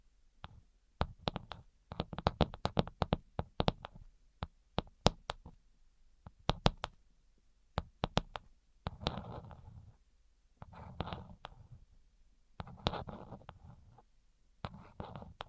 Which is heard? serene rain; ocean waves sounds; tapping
tapping